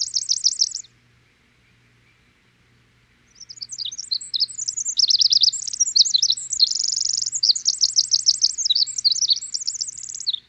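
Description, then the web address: Winter wren singing: the tail of one high song, a pause, then a long, rushing cascade of thin trills and twittering notes. Western North America. "Dan Gibson Wildlife Identification By Sound, Western North America. Winter Wren"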